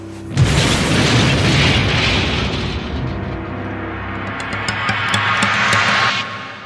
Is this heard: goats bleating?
no